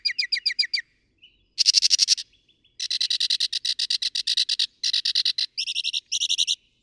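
Northern mockingbird song switching rapidly between dense, buzzy trills and chattering phrases, each held about half a second to a second before the next.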